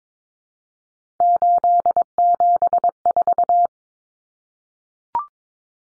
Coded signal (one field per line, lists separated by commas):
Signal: Morse code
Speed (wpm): 22 wpm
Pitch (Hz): 700 Hz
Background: none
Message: 874